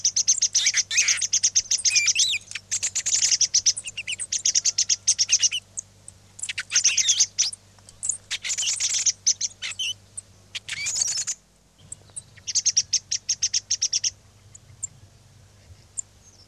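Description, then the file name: Song thrush song of loud, high phrases, each run of sharp notes repeated several times before switching, separated by brief silences, with a soft low hum throughout. "tordo bottaccio"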